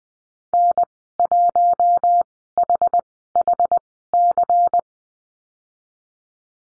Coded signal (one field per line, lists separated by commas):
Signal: Morse code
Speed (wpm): 20 wpm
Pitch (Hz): 700 Hz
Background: none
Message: N1HHC